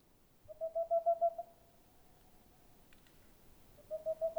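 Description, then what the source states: Boreal owl song: a quick run of soft, low hoots lasting about a second, a faint click, then a second hoot series beginning near the end. Male singing near a nest hole in a tall dead tree amid forest, Haut-Diois, France, 15 April 2020, at night; recorded with Nagra LB, stereo omni microphones.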